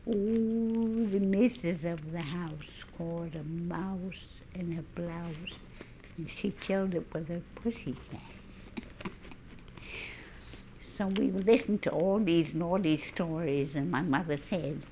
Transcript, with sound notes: "Ooh, the Missis of the house caught a mouse in her blouse and she killed it with her pussy cat." ( she laughs ) So we listened to all these naughty stories, and my mother said,